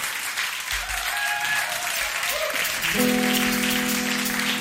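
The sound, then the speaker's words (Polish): A concert audience claps steadily and densely for band member Karol Strzemieczny for several seconds, the applause holding an even, loud level throughout, with a sustained tonal note rising underneath toward the end. “Brawa dla Karola.”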